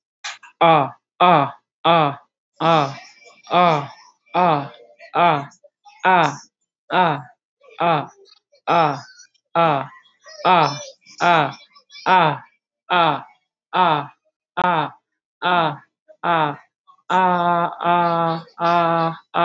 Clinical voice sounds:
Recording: vowel held as long as possible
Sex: female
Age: 30 to 39 years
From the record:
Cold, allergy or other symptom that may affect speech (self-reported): no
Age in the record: 32 years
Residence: United States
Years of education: 10

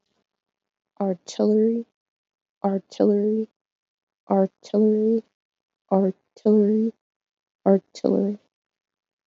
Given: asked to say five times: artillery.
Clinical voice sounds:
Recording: repeated word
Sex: female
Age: 20 to 29 years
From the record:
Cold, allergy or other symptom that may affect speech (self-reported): no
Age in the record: 23 years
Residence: New York, United States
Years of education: 16

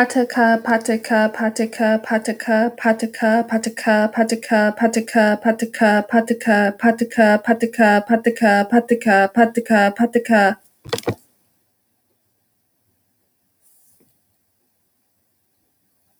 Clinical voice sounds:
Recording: repeated syllables /pa ta ka/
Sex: female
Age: 30 to 39 years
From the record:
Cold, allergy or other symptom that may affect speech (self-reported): no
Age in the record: 37 years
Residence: Washington, United States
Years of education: 18

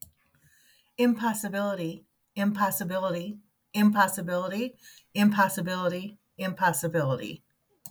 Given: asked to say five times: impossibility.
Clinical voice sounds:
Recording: repeated word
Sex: female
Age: 60 to 69 years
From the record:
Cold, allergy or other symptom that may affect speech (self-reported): no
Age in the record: 60 years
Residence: Michigan, United States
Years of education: 13

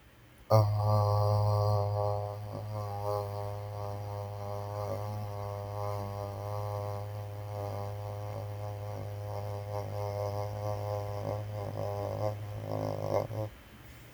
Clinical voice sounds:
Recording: vowel held as long as possible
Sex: male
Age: 20 to 29 years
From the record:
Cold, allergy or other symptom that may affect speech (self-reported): no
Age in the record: 22 years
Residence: Virginia, United States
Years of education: 16

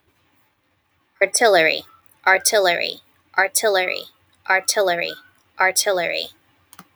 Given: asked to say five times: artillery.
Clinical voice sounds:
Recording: repeated word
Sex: female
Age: 30 to 39 years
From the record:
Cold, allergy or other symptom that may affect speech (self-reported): no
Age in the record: 37 years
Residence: New York, United States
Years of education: 14

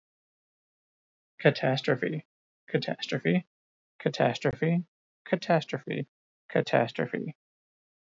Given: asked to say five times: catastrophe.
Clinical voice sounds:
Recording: repeated word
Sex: male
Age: 30 to 39 years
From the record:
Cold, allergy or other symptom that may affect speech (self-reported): no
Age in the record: 37 years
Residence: Missouri, United States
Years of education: 18

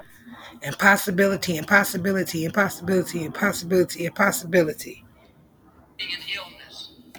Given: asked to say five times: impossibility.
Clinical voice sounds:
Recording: repeated word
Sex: female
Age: 40 to 49 years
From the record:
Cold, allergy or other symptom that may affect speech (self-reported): no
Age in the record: 41 years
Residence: Michigan, United States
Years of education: 19

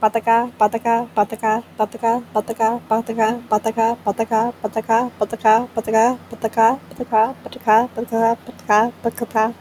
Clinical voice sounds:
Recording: repeated syllables /pa ta ka/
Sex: female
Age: 20 to 29 years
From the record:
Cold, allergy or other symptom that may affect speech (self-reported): no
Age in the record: 20 years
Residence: Florida, United States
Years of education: 14

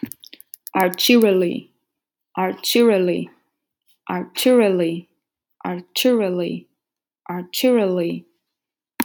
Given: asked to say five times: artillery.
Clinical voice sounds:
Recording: repeated word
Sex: female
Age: 30 to 39 years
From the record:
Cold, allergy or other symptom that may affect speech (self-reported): no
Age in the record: 37 years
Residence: Florida, United States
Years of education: 16

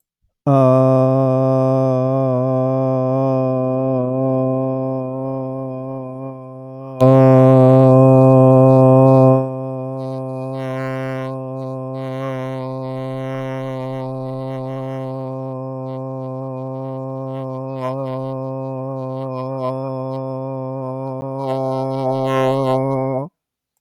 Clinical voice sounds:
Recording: vowel held as long as possible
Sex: male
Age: 40 to 49 years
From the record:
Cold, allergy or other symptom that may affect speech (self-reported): no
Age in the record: 45 years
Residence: Iowa, United States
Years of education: 12

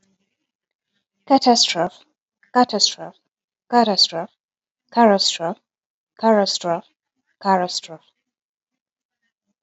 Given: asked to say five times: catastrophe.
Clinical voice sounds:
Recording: repeated word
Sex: female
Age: 20 to 29 years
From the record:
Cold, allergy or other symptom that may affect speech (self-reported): no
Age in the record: 26 years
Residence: Florida, United States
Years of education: 20

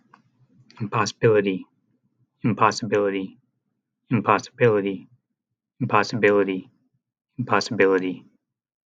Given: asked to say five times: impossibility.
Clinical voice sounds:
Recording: repeated word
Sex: male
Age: 30 to 39 years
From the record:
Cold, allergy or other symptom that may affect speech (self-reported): no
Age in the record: 31 years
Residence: United States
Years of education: 16

